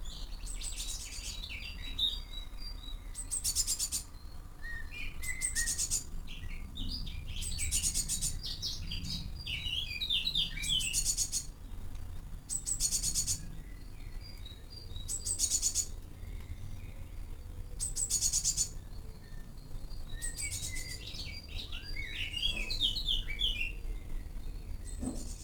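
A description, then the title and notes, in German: Many birds chatter in an early-morning garden, bright chirps and trills overlapping with regular short bursts of sharp calls over a low rumble. Frühmorgendliche Vogelkonversation. Morgends gegen halb sechs in meinem Garten unterhalten sich die verschiedensten Vogelarten lauter miteinander als die Marktschreier auf dem Hamburger Fischmarkt.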